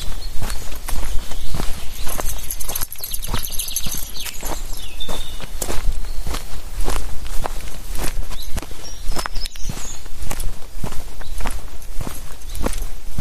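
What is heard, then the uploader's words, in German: A walk through the woods in the evening with a dog: footsteps crunch along steadily, a quick, fairly regular stream of sharp clicks and scuffs on the ground. A low rumble runs underneath throughout, and faint high bird calls come and go in the background. Abends mit dem Hund im Wald. Aufnahme eines Spaziergangs im Wald. Mit Hund, Vögeln, gelegentlichem Kampf durch das Unterholz und vielen knacksenden Ästen und rauschenden Blättern auf dem Waldboden.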